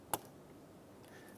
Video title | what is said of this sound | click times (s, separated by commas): How to Replace Transmission Mount 2007-2015 Mazda CX-9 | all the way in you hear a click and then to lock it in place push that red tab back in | 0.1 s